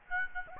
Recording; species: mosquito wingbeat signal from an infrared sensor; Aedes aegypti